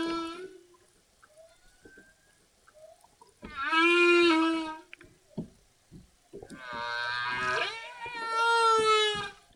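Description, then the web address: Humpback whale song: harmonic moans followed by a longer harmonic cry, with scattered clicks and creaks. "Epidemic Sound Albums. Whale Song Humpback"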